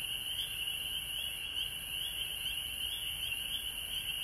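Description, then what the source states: Many frogs calling at once, a constant shimmering high trill that never pauses, with a steady, even higher whine above it. Recorded at home in Georgia on March 19, 2020.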